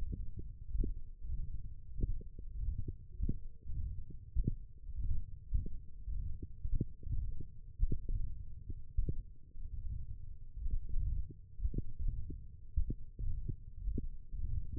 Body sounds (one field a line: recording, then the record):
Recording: forearm muscle sounds (acoustic myography)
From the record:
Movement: wrist extension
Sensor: system 1, eight BSWA MPA416 microphones around the upper forearm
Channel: 4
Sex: male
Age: 23 years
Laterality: right